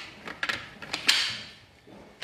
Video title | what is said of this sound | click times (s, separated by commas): The Nuna Mixx Full Demo and Question and Answers | just pop them on they just click on you know they're wrong because you've heard that click | 0.4 s, 1.1 s